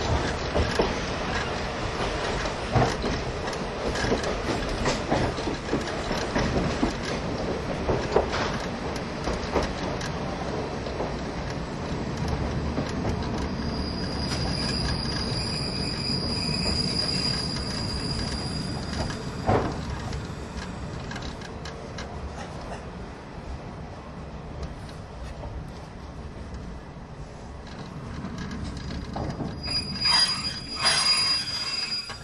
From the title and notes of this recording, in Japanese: 大鐵E10形+旧型客車 大井川本線普通。往年の普通＂客車列車＂の列車走行音。